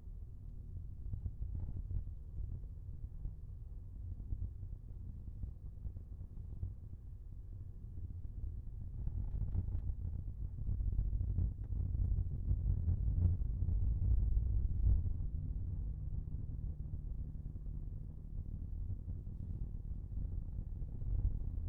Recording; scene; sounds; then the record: everyday scene through a hearing-aid microphone; in a vehicle; engine, rumble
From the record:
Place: Skoda Fabia, gasoline engine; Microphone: behind the ear, left, rear